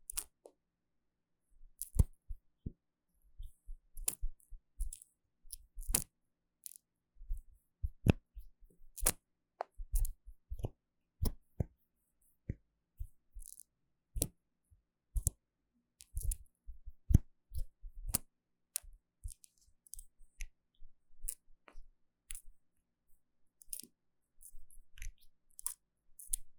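Taps, clicks and knocks on bottles and jars, with bottle caps clicking and rattling. The sharp, bright sounds come in irregular bursts, sometimes several in quick succession, with short silent gaps between them.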